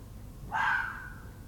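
Red fox giving a single harsh cry that trails off in a thin, fading tail, over a low background rumble.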